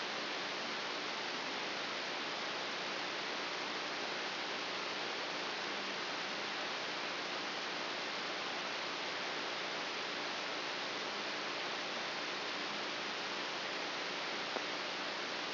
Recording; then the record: brain microelectrode recording played as sound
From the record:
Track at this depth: outside the subthalamic nucleus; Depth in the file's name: 6.801 mm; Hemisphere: right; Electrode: 3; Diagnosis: Parkinson's disease